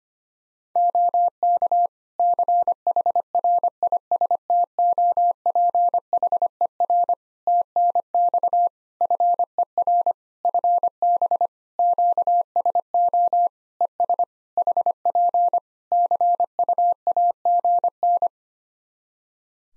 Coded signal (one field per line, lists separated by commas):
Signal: Morse code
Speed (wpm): 25 wpm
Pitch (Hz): 700 Hz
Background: none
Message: OK CHRISTOPHER TNX FER FB QSO ES HP CUAGN